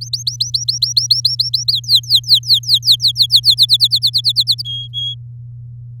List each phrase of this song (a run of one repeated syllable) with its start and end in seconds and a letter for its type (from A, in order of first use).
0.01-1.72 A, 1.72-3.55 B, 3.57-4.62 C, 4.65-5.14 D